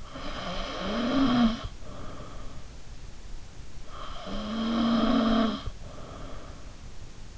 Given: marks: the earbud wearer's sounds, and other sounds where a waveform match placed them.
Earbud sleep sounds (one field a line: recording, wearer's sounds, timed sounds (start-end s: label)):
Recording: sounds in sleep by an in-ear microphone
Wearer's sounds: snoring breath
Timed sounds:
0.00-2.60 s: snoring breath
3.93-6.63 s: snoring breath